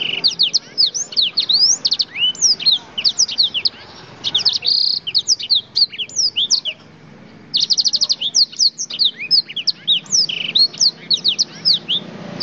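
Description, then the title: Oriental magpie-robin song, long fast bursts of sharp downslurred whistles and trills broken by brief pauses, lively and varied throughout, over faint low background noise. "Kicau Kacer"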